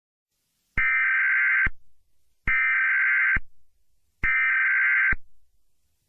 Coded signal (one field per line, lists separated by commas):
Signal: Emergency Alert System (SAME) tones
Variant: header bursts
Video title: (UnFinished) EAS Collab 1